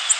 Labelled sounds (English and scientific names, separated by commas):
Golden-cheeked Warbler (Setophaga chrysoparia) flight call